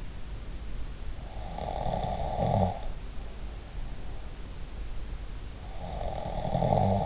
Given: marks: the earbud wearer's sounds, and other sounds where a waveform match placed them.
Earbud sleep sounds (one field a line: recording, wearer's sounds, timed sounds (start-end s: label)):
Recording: sounds in sleep by an in-ear microphone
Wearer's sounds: snoring breath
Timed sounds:
1.45-2.76 s: snoring breath
5.85-7.01 s: snoring breath